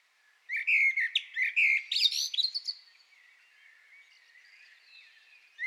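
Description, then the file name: Common blackbird song phrase, a run of squeaky, twittering notes about two seconds long, then a pause before another note begins at the end. "Turdus merula"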